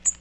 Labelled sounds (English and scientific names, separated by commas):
Magnolia Warbler (Setophaga magnolia) flight call